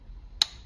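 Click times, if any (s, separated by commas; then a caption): 0.4 s. A metal pommel is turned backwards on the threaded hilt of a Korbanth DV6 lightsaber with NeoPixel and ProffieBoard 2.2 until the thread start drops into place. Over a quiet low background, a single sharp, bright click sounds at 0.4 s. The pommel is seated, lined up so it will not cross-thread.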